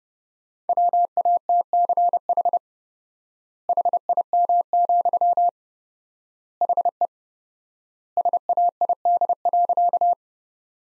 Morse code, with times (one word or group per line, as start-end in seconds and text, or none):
0.7-2.6 WATCH
3.7-5.5 HIM,
6.6-7.1 HE
8.2-10.1 SAID.